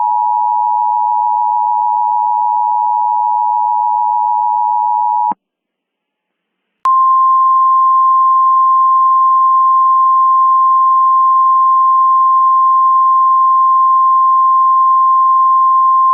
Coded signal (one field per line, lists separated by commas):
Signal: Emergency Alert System (SAME) tones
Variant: 853 and 960 Hz attention tone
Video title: EAS Mock Scenario: Green Blob Invasion